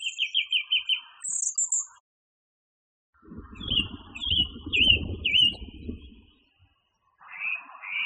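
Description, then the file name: Song thrush song: a rapid run of repeated whistled notes, then a pause, then varied warbled phrases over low rumbling noise, with a harsher phrase at the end. Masteran recording used for training songbirds. "suara masteran songthrush"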